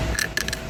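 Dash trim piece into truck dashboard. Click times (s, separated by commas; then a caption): 0.4 s. A dash trim piece is pressed into its opening in a Tundra truck's dashboard during an install. A short click-like tick comes at 0.2 s, then a sharper, louder snap at 0.4 s as the piece clicks into place and seats.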